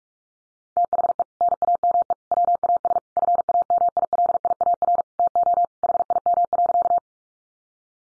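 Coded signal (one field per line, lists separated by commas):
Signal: Morse code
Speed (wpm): 44 wpm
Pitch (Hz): 700 Hz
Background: none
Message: THE NAME WAS FAMILIAR TO HIM.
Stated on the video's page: Morse code practice at 45 wpm: head-copy sentences built from the top 1000 words, each sent in Morse, spoken, then sent again.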